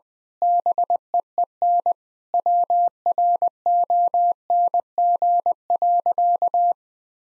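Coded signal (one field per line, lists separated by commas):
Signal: Morse code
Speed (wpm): 20 wpm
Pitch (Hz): 700 Hz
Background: none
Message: BEEN WRONG.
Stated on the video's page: Morse code practice at 20 wpm: sentences built from common nine-word phrases, each sent, then sent again for head-copy training.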